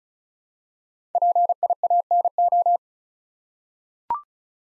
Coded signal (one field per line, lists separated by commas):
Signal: Morse code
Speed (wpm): 36 wpm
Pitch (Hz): 700 Hz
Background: none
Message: PIANO